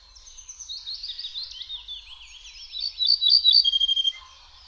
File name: Ortolan